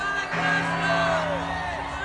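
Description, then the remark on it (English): A dense crowd on Coruscant celebrating the defeat of the Empire at the end of Return of the Jedi cheers and whoops continuously, with one voice rising above the roar in a sustained, high-pitched shout, sounding like 'the Son of Sons', that slides downward in pitch. “At the end of Return of the Jedi, there's a shot of Coruscant and people celebrating the defeat of the Empire. You could definitely hear someone screaming something that sounds like the Son of Sons.”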